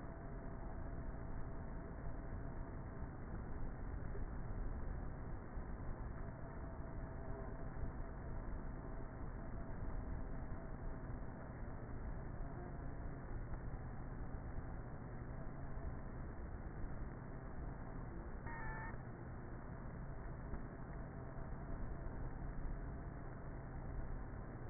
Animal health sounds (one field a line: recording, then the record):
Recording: honeybee colony, microphone inside the hive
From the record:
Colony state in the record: queenless with a low population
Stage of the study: before two queens were removed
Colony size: about 30,000 bees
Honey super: no